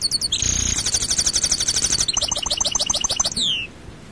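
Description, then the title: European goldfinch song, a dense stream of high twittering and buzzy trilled notes, closing on a falling slurred whistle. "Chant Chardonneret"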